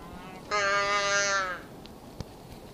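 Muskox calf giving a single loud, harmonic bleat of about one second, steady then falling slightly, followed by a faint click.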